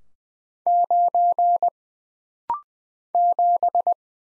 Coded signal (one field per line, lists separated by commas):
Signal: Morse code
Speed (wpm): 20 wpm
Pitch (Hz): 700 Hz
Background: none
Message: 9 7